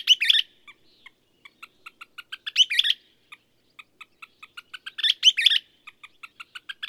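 Bird sings several loud rattling bursts, most introduced by a string of soft tapping notes.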